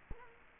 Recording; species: mosquito wingbeat signal from an infrared sensor; Culex quinquefasciatus